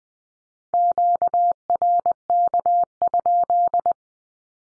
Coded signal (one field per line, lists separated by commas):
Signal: Morse code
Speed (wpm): 20 wpm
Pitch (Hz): 700 Hz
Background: none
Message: QRK?